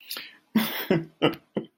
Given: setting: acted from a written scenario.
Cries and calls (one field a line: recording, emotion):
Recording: vocal sound without words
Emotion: sadness